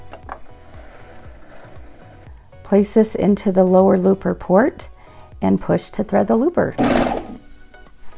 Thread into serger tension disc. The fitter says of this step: and click and come down